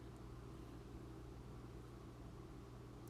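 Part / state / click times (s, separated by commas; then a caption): vinyl floor plank into adjacent plank under door trim / not seated / none. A vinyl flooring plank is spun around and slid under the doorway trim toward the adjacent plank, lined up but not yet interlocked; it will be locked later with a dummy plank and a hammer. Only a steady, low rumbling hum is heard throughout, with no sudden sounds. Nothing has clicked or seated yet.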